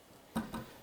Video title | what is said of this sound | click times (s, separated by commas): Building Hogwarts Castle - Part 20 | apply a lot of force here and everything clicks into place good | 0.4 s, 0.5 s